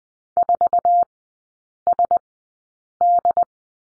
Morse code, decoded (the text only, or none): 4SD